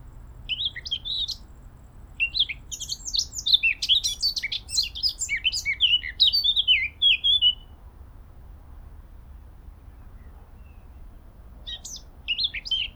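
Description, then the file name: Eurasian blackcap song: a busy, scratchy high-pitched warble lasting several seconds, then quiet, with a short return of twittering near the end. "Sylvia atricapilla"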